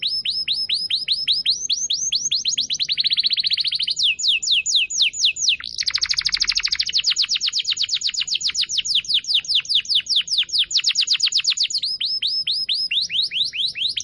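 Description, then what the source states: Canary song: a continuous run of fast, high rolling trills, each tour of repeated notes changing pace and pitch, some buzzy, others sharp descending chirps, with no pause. Song used as a lure to attract birds.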